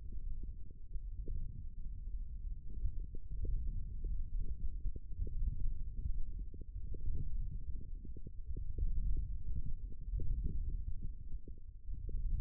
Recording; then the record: forearm muscle sounds (acoustic myography)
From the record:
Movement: forearm pronation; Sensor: system 1, eight BSWA MPA416 microphones around the upper forearm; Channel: 2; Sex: male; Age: 18 years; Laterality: right